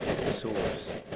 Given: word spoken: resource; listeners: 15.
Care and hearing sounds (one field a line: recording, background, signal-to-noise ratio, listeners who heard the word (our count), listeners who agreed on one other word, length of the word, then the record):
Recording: one English word in noise, from a listening test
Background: noise modulated by three-talker babble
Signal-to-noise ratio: -4.8 dB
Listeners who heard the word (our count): 1 of 15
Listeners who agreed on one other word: 9 of 15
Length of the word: 0.76 s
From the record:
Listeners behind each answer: 9, 2, 2, 1, 1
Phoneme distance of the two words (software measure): 14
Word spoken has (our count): 2 syllables, 5 phonemes, stress on syllable 2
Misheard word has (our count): 1 syllable, 3 phonemes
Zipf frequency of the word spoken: 3.78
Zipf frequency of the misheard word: 4.44